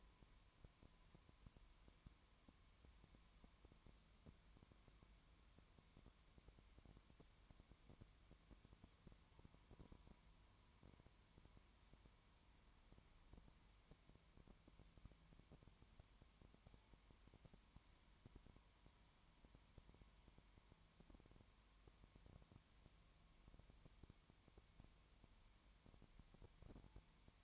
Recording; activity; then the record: daily activity, microphone in the room; no activity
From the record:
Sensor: 3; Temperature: 20.1 degrees Celsius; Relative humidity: 31.2%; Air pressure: 1001.3 hPa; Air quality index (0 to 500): 74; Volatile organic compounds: 1 ppm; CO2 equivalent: 697 ppm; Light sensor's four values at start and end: 2/3/2/2 and 2/3/2/2